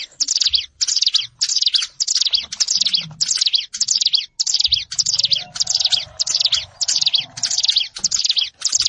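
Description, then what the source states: Plain prinia song: harsh, buzzy, high-pitched bursts repeated steadily about every half second, with faint low rumbles in the background. Recorded in a rice field (sawah).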